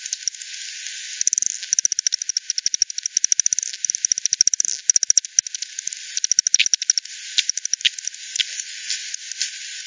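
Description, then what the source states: Bats giving long, fast trains of dry clicks, nearly continuous for several seconds, then sparser ticks over a steady hiss. Multiple bats, Hogsmill River at Hogsmill Lane, 7 October 2020, 18:10; frequency-divided by ten, band-pass filtered and resampled.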